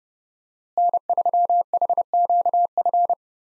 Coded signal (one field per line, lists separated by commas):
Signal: Morse code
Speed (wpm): 30 wpm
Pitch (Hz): 700 Hz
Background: none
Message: N3HQF